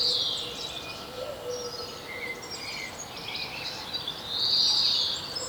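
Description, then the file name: European greenfinch giving wheezy nasal buzzes mixed with quick twittering notes; a low steady hum runs underneath. "Chloris chloris"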